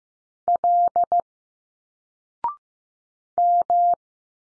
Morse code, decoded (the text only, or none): L M